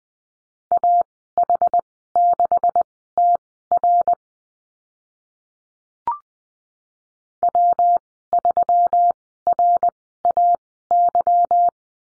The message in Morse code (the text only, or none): AH6TR W3RAY